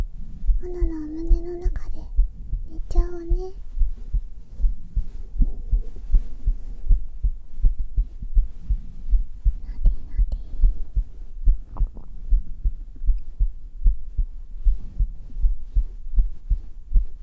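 Soft, regular low thumps at about 79 beats a minute continue throughout, a normal adult heartbeat picked up with a microphone on the bare skin of the chest. A few seconds of quiet humming or voiced sounds overlap the first six seconds.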